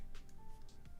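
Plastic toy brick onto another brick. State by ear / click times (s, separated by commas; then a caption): not seated / none. A plastic LEGO brick is handled against another brick during a build while music plays in the background, with a few soft bursts of handling noise. The clip ends before the piece goes home, so nothing has seated or clicked yet.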